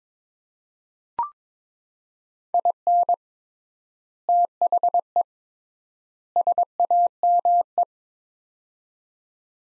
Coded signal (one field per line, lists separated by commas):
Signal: Morse code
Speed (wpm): 22 wpm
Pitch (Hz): 700 Hz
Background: none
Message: IN THE SAME